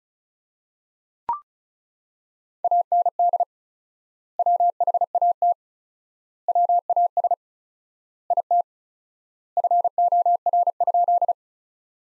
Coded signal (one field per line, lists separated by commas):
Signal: Morse code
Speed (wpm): 36 wpm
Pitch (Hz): 700 Hz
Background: none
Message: AND WHAT WAS IT FOR?